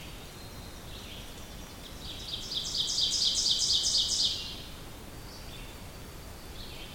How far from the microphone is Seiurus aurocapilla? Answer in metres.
about 20 m